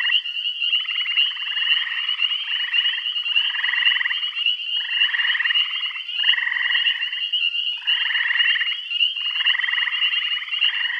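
Frogs croaking in a chorus, pulsed rattling notes about a second long, repeated with short gaps and overlapping, over a steady high droning hum.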